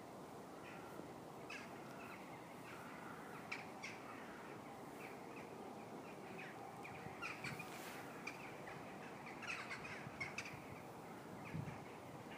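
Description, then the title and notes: Birds chirping in short, thin, scattered notes that come irregularly throughout, over a steady low background rumble. Birds chirping on a mild February evening in a park in Herten, Germany; recorded with an iPhone 5. "Birds chirping on a mild February evening in the park of Herten, Germany."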